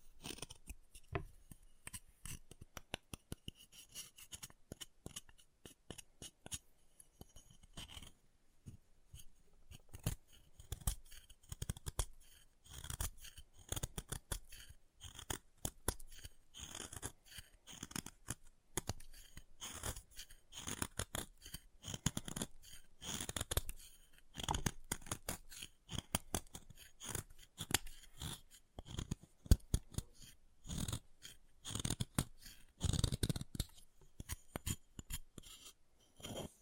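Chalk is carved and cut in dense, rapid bursts of short scraping and snipping strokes that run through the whole recording. The strokes are irregular, crisp and bright, with brief pauses between clusters and a busier stretch after about twenty seconds.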